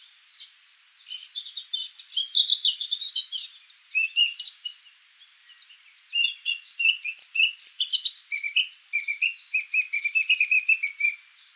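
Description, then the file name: Eurasian blackcap song: a rapid, scratchy warbling chatter of high notes, then brief pauses and clearer fluty phrases running steadily toward the end. "Sylvia atricapilla"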